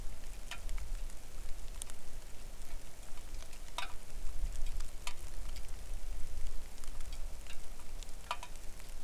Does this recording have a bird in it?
no